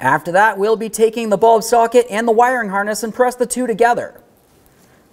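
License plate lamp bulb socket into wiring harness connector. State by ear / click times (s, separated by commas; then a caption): not seated / none. A man talks through most of the clip while handling a new license plate lamp bulb socket and the wiring harness connector, a plastic electrical plug, on a 1998–2011 Ford Ranger. Near the end there is quiet with a faint sound around 4.7 s. The socket has not yet been pressed into the harness, and nothing has seated or clicked yet.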